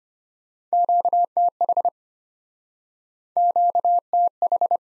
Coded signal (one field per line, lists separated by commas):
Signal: Morse code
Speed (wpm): 34 wpm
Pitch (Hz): 700 Hz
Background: none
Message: QTH QTH